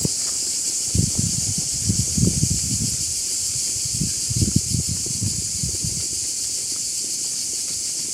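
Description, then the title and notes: Cicadas keep up a continuous shrill droning chorus while bursts of low rustling come and go. Many cicadas calling together from all directions at Liqeni Artificial i Tiranës, Albania; recorded standing in the centre of a dirt road. "Soundscape of Liqeni Artificial I Tiranes. Recorded by Uğur Aslan"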